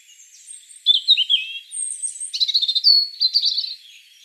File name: Erithacus rubecula 240702